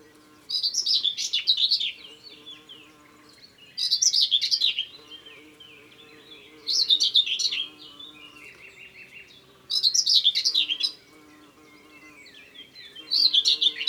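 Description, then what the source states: Common whitethroat song, brief scratchy warbling phrases about every three seconds, with faint low tones in the background. Ardèche.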